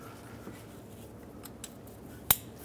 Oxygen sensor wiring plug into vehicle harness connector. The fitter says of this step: listen for a click and you're all set